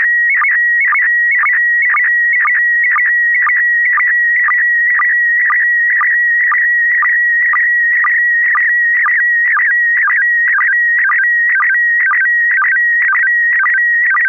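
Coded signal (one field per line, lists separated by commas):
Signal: SSTV (slow-scan television)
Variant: PD 120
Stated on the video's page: SSTV net on a 441.300 MHz FM repeater in Sacramento, sent with MMSSTV.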